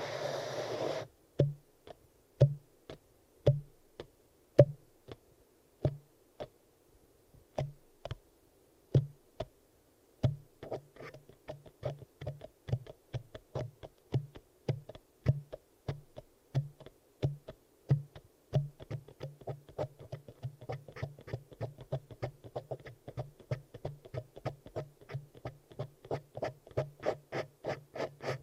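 An eardrum massage made of sharp tapping clicks, each with a soft low thump beneath it, after a brief rustling burst at the start. The taps come slowly and evenly at first, then grow quicker and denser from the middle onward, ending in rapid, busy tapping.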